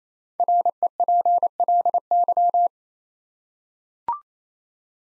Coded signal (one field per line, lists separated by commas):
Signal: Morse code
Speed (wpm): 27 wpm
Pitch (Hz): 700 Hz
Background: none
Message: REPLY